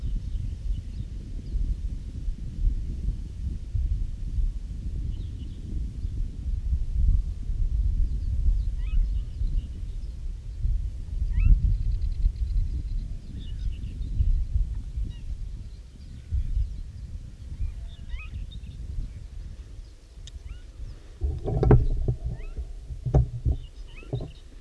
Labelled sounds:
Western Marsh Harrier

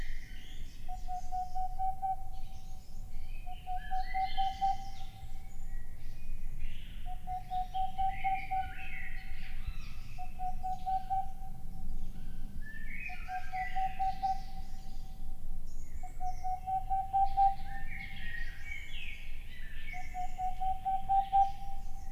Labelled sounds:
Boreal Owl

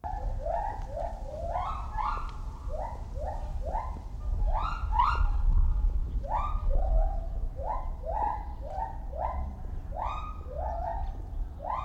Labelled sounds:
Lar Gibbon call

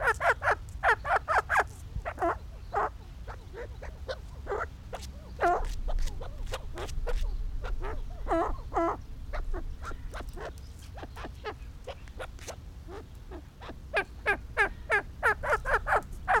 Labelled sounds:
Arabian Partridge call

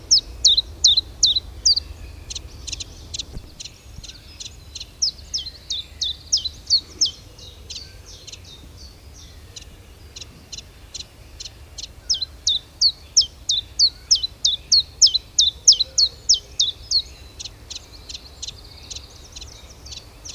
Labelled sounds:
Common Chiffchaff

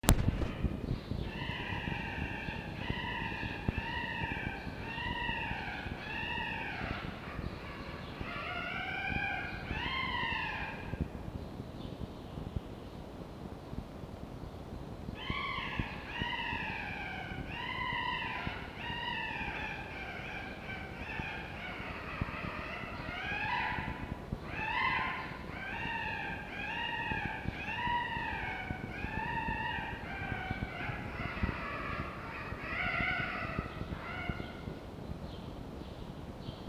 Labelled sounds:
Red Fox

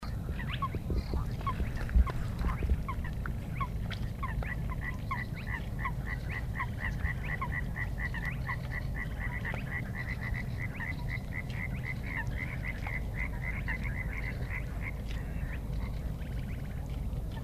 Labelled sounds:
Spotted Crake

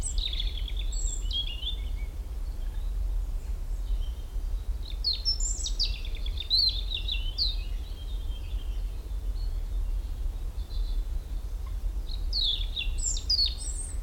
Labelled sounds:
European Robin

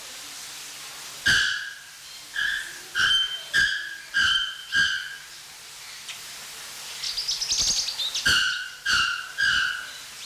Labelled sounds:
Pin-tailed Whydah

